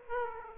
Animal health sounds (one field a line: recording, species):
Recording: mosquito wingbeat signal from an infrared sensor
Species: Aedes aegypti